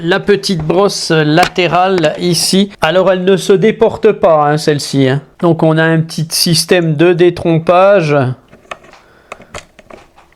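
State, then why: Not seated. Someone talks while lining up the small plastic side brush on its keyed mount under a Narwal Flow 2 robot vacuum. The talking stops around 8.4 s, followed by a few short, sharp handling ticks between 8.7 and 9.9 s. Nothing has seated or clicked yet, so the brush is not clipped on.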